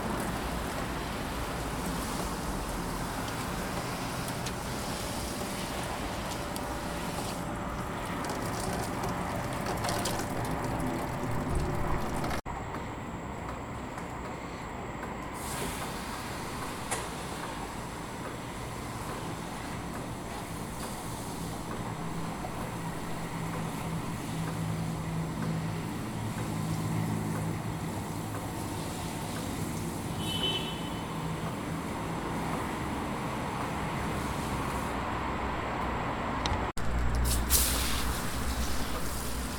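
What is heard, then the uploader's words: Water noise runs as a steady, dense rush for the whole clip, with a heavy low rumble underneath. The sound changes abruptly at about 12 seconds and again near 37 seconds. A brief high chirp pokes through around 30 seconds. Soundscape - Water Noise.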